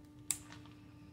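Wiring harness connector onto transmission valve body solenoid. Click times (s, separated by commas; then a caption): 0.3 s. A wiring harness plug is pushed onto a transmission valve body solenoid connector on a 2011 Subaru Outback (4th generation) with a 5EAT automatic transmission, during a torque converter clutch (TCC) solenoid replacement. A single sharp plastic click is heard at 0.3 s, followed by two much fainter ticks at about 0.5 and 0.7 s. The connector clicks in and is seated.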